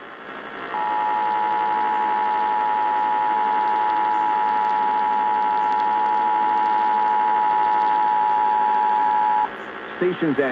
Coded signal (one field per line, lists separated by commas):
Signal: Emergency Alert System (SAME) tones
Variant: 853 and 960 Hz attention tone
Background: speech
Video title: December 2023 Louisiana Required Monthly Test on WWL-AM (EAS #540)